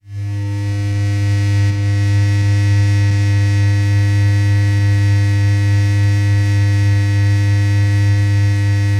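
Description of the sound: A steady, low-pitched buzzing hum with faint higher overtones holds unchanged for about nine seconds after a quick fade-in. It is a simulated tinnitus sound, an imitation of the constant ringing or humming a person with tinnitus hears.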